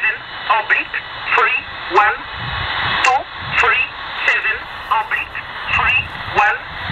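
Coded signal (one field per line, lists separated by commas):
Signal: numbers station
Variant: E11 Oblique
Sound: a voice reading short words at a steady pace, about nine in the clip, through hiss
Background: radio static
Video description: The one heard here is E11 "Oblique" which is said to be originating from Poland.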